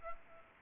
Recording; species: mosquito wingbeat signal from an infrared sensor; Aedes albopictus